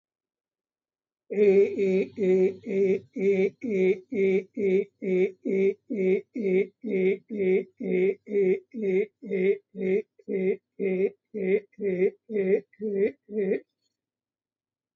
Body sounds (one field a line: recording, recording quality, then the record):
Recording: sustained vowel as in made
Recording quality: excellent, no background noise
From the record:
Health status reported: COVID-19 positive, mild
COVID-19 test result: positive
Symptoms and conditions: sore throat, diabetes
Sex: male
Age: 70 years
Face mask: not worn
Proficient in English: yes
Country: India